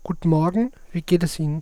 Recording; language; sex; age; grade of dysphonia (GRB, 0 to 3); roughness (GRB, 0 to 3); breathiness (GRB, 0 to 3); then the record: spoken sentence; German; male; 20 to 29 years; 2; 2; 2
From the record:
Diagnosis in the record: phonasthenia (vocal fatigue); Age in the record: 27 years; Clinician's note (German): Mit hypotoner Komponente